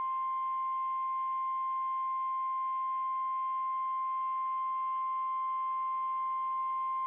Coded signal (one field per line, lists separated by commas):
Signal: Emergency Alert System (SAME) tones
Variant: 1050 Hz attention tone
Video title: All I Want For Christmas Is Some Tests| Required Weekly Tests 12/23/2020 (EAS #165-171)